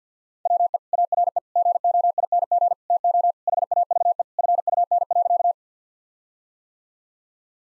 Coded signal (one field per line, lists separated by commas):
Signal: Morse code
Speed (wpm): 50 wpm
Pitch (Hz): 700 Hz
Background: none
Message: WE ARE GOING TO HAVE FUN.